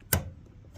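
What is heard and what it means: A plastic retaining clip on the fuel line connector of the fuel pump assembly on a 2003 Toyota Corolla S is pushed in from the back. It snaps into place with one sharp, loud click at 0.1 s, followed by a brief low thump that fades out. The clip is seated, securing the fuel line.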